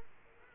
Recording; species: mosquito wingbeat signal from an infrared sensor; Culex quinquefasciatus